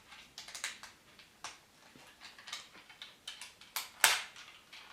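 The plastic body panels of a transforming robot figure are pushed together in the final step of converting it into vehicle mode. A series of small plastic clicks and handling taps leads up to a sharp, loud plastic snap at 4.0 s as the halves seat into place.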